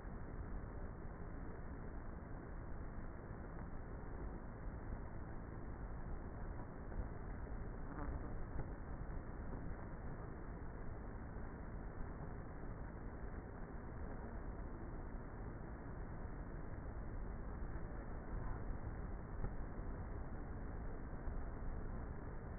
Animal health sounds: honeybee colony, microphone inside the hive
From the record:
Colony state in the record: queenless with a low population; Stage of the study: before two queens were removed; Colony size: about 30,000 bees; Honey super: no

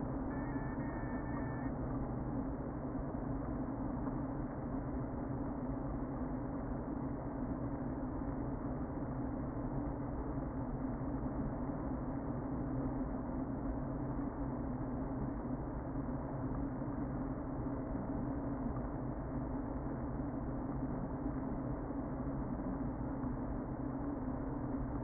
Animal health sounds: honeybee colony, microphone inside the hive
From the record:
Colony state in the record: queen present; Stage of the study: before two queens were removed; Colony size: about 60,000 bees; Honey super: yes

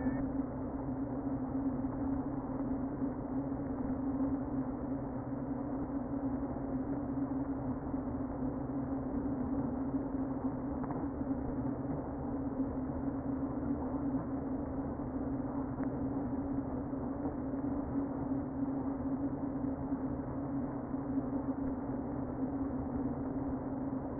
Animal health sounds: honeybee colony, microphone inside the hive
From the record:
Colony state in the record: queen present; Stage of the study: before two queens were removed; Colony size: about 60,000 bees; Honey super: yes

